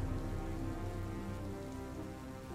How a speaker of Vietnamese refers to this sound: Nước mưa rất nhanh thấm qua áo quần của nó, một mảng ướt nhẹp.